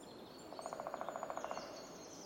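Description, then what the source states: Woodpecker drumming, a rapid roll of roughly sixteen hard taps over one second, with faint high bird song in the background. Woodpeckers drumming on tree trunks shortly after dawn in a very calm forest, Fermansbo Urskog Nature Reserve.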